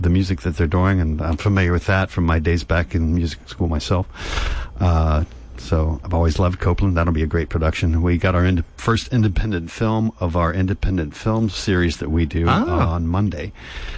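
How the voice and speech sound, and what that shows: A man speaks fluently in a low, clear, steady voice, with an adult radio host's delivery, about local music and film events; ordinary speech.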